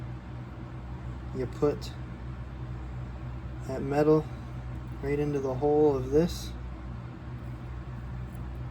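The metal end of a bail spring is positioned into its hole on a spinning reel's bail assembly; nothing has seated or clicked yet. Someone talks in short bursts over a steady low hum.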